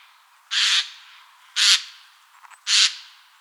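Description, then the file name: Eurasian jay giving harsh, rasping screeches, three loud noisy bursts about a second apart, with a few faint softer notes between the last two. "Garrulus glandarius"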